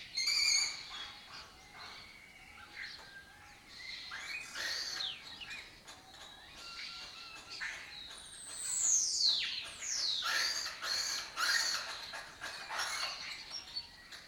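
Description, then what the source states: Lesser kestrel colony giving dense, raspy chattering and sharp descending squeals, many birds calling at once in a continuous noisy chorus. Migratory colony occupying an abandoned building complex in Doñana, southern Europe, its breeding area; the species forages in West Africa.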